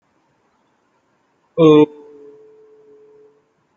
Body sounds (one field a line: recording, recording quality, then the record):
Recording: sustained vowel as in boot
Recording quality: poor, much background noise or distortion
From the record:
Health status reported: healthy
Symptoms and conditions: none ticked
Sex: male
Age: 25 years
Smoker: not ticked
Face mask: not worn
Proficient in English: yes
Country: India